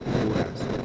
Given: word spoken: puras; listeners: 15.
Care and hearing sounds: one Spanish word in noise, from a listening test; noise modulated by three-talker babble; -3.1 dB; 0 of 15; 6 of 15; 0.45 s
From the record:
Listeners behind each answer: 6, 3, 2, 2, 1, 1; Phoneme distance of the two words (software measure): 10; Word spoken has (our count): 2 syllables, 5 phonemes, stress on syllable 1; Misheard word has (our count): 2 syllables, 5 phonemes, stress on syllable 1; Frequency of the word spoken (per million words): 5.51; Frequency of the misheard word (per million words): 8.58

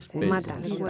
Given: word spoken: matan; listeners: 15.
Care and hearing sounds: one Spanish word in noise, from a listening test; four-talker babble; 0.6 dB; 0 of 15; 7 of 15; 0.50 s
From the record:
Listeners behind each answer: 7, 4, 2, 1, 1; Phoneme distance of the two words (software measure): 21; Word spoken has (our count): 2 syllables, 5 phonemes, stress on syllable 1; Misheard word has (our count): 3 syllables, 6 phonemes, stress on syllable 2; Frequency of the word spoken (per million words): 6.90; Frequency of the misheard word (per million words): 0.14

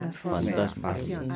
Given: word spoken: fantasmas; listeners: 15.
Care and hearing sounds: one Spanish word in noise, from a listening test; four-talker babble; -1.0 dB; 3 of 15; 11 of 15; 0.97 s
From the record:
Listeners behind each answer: 11, 3, 1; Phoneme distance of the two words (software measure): 7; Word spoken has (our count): 3 syllables, 9 phonemes, stress on syllable 2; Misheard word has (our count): 3 syllables, 8 phonemes, stress on syllable 2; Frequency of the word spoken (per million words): 14.86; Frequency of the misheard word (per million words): 17.69

